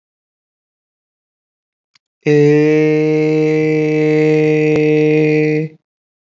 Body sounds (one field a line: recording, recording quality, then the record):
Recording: sustained vowel as in made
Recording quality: excellent, no background noise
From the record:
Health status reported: healthy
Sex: male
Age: 25 years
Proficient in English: yes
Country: India